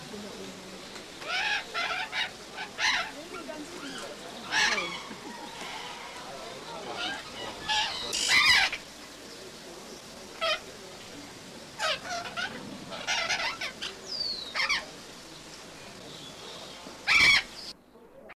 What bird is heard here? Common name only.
Turquoise-fronted Amazon